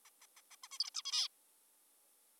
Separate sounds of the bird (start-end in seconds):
0.06-0.10, 0.22-0.26, 0.37-0.41, 0.51-0.56, 0.64-0.68, 0.72-0.78, 0.80-0.90, 0.95-1.02, 1.05-1.28